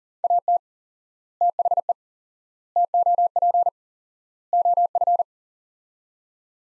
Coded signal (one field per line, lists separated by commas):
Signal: Morse code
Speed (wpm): 40 wpm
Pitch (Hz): 700 Hz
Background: none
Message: AT THE TOP OF